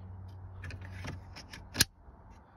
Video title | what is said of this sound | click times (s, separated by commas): 2011 Buick Enclave install rear wiper arm and wiper switch | and it just snaps in snaps into place | 1.8 s